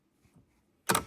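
An aftermarket painted dummy key is pushed into the keyless ignition switch slot on a Porsche dashboard, with faint soft rustles before it. It seats with a sharp, short double click at 0.9 and 0.95 s, though it only locks into place once the car has been started for the first time.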